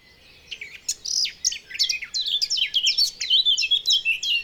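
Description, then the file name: Eurasian blackcap song, a hurried jumble of scratchy warbled notes quickening into a run of clearer, repeated descending whistles. "Sylvia atricapilla"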